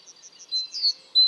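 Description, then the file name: Great tit calls: soft high whistled and slurred notes. "Parus major"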